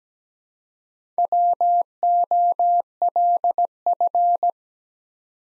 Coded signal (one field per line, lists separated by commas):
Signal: Morse code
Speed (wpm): 17 wpm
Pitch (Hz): 700 Hz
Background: none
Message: WOLF